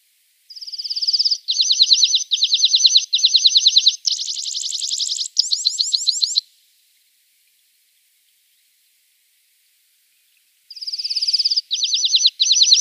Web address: Schulze Peter Red-throated Pipit song